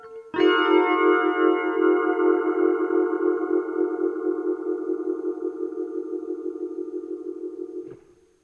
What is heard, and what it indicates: Neo Ventilator Direct Stereo.